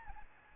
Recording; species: mosquito wingbeat signal from an infrared sensor; Aedes albopictus